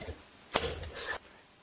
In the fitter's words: that cover back, reconnect our plug, just make sure you hear it snap in place.